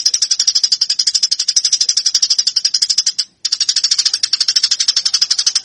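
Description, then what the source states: Eurasian tree sparrow giving fast, scratchy, high-pitched chirps in an unbroken stream, with a brief gap just past three seconds before the chatter resumes. Fighting (tarung) sounds of the tree sparrow (burung gereja).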